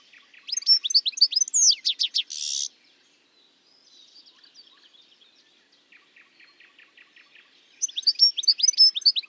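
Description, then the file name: European goldfinch song: rapid tinkling twitters ending in a brief harsh buzz, then soft chattering notes and a final burst of bright twittering. "life dviete. carduelis carduelis"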